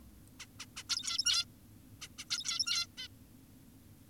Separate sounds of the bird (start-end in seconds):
0.40-0.46, 0.60-0.66, 0.77-0.83, 0.90-1.45, 2.02-2.08, 2.19-2.25, 2.31-2.87, 2.98-3.08